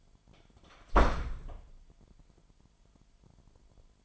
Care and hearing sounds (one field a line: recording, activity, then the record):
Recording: daily activity, microphone in the room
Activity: close door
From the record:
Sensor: 5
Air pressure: 998.5 hPa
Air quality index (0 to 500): 82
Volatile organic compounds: 1 ppm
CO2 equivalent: 934 ppm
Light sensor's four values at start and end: 34/82/34/38 and 34/82/34/38